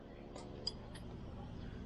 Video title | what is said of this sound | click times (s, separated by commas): Married to a Land Rover Discovery - Endless Restoration / S4-Ep31 | I hope you heard it it clicked it's not Christian's fault if I drive a cliff | 0.7 s